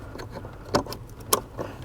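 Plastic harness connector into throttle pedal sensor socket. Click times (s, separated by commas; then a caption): 1.3 s. A plastic in-cab piggyback harness connector is pushed onto the factory throttle pedal sensor connector of a Ford Bronco. There are a few faint handling taps and rattles, then a sharp, bright click at 1.3 s as the connector seats.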